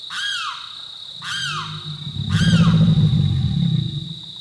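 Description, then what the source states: American alligator bellow, a low, throbbing rumble lasting about two seconds, after two sharp descending calls about a second apart, with a third at its start, over a constant high insect drone. Bellowing roars heard at night in swamp country, described as rising from foul-smelling swamp mud like gaseous belches escaping from deep within the earth.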